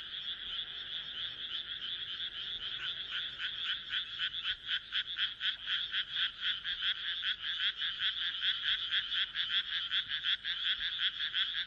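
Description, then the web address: Frogs croaking, the chorus turning into clearer, more distinct pulses over a continuous background of other callers. "kaeru kaeru"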